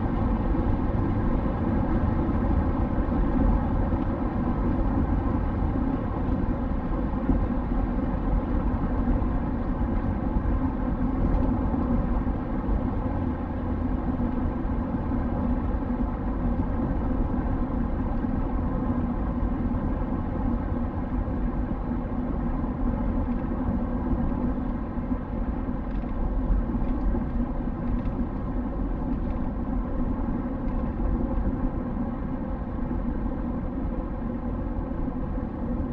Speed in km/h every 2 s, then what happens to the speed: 105, 101, 97, 93, 89, 86, 88, 86, 84, 83, 81, 77, 75, 72, 69, 67, 65, 63.
0-36 slows to 63.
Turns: none.